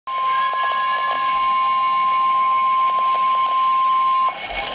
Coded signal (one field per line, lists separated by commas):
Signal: Emergency Alert System (SAME) tones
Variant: 1050 Hz attention tone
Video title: Tornado Warnings (EAS #369 and #370)